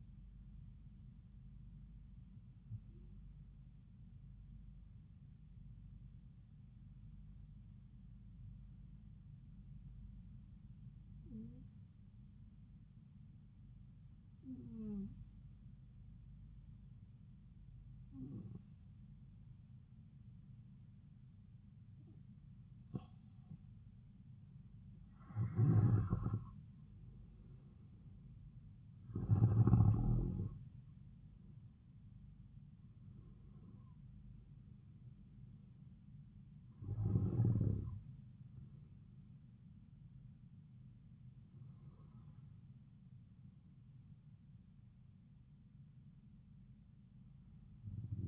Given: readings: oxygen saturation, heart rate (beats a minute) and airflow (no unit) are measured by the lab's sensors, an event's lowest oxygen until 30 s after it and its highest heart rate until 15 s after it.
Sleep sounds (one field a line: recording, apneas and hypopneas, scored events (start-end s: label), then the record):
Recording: breathing in sleep by a smartphone at the bedside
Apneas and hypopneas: 1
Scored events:
7.00-26.70 s: hypopnea (N2, oxygen 95% highest, then 90% lowest)
From the record:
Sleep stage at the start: N2 (light sleep)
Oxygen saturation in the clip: 90 to 95%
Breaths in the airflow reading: 11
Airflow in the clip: -4.8 to 6.7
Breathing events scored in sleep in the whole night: 270 in 6.1 hours asleep